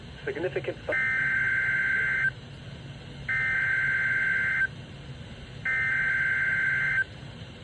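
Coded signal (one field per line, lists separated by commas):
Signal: Emergency Alert System (SAME) tones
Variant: header bursts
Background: speech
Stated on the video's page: EAS alert for a derecho with likely 80 mph winds and possible 2.0 inch hail.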